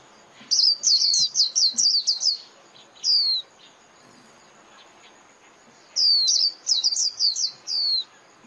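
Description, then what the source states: White-eye calling in two bursts of quick, thin, high twittering notes, each ended by a single falling note, with a quiet gap between. Lure call used for trapping white-eyes, known as mồi.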